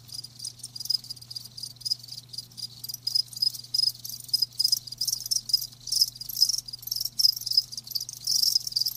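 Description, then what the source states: Crickets chirping in a dense chorus, high pulsed trills overlapping continuously with brief gaps, plus a faint steady low hum. Live crickets chirping, a lulling song.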